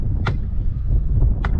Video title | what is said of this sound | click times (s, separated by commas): The DUTCHMEN ASPEN TRAIL 29BH is an AWESOME BUNKHOUSE! Haze Carlson at Floyd's RV | now we do have the magnet doors it gets you that nice click that i love so much | 1.4 s